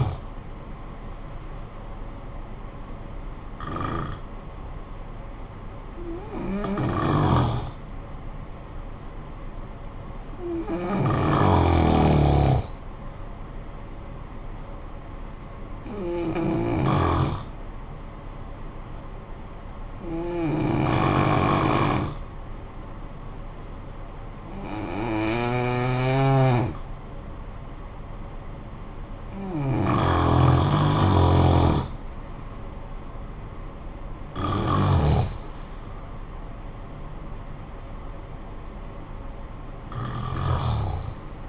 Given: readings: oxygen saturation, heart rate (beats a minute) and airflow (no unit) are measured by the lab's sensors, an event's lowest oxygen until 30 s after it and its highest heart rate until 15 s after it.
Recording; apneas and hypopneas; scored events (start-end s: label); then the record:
breathing in sleep by a smartphone at the bedside; 1
3.00-32.40 s: hypopnea (N1, oxygen 95% highest, then 88% lowest, heart rate 56 at the start, 67 highest)
From the record:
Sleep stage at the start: N1 (lightest sleep); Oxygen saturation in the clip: 88 to 95%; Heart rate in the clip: 53 to 67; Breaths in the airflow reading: 9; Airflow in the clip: -9.5 to 9.8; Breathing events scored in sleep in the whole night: 445 in 7.6 hours asleep